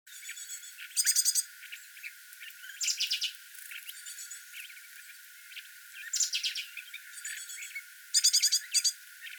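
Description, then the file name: Great tit with rapid, rasping chatters of stacked buzzy notes in four main bursts, interspersed with quieter ticking notes. "Parus major"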